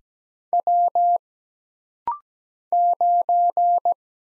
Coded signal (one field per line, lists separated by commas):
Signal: Morse code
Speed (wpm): 17 wpm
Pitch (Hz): 700 Hz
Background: none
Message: W 9